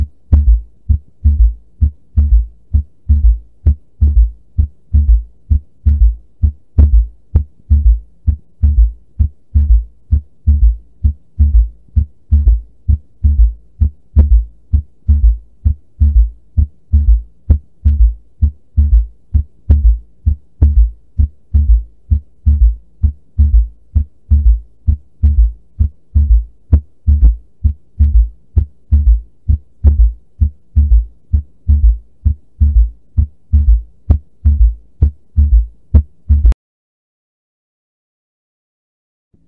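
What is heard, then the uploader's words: A heartbeat heard through a stethoscope thumps low and steady, about eighty beats a minute, loud and close, stopping abruptly near thirty-six seconds. Cardiac Auscultation. (Loud version).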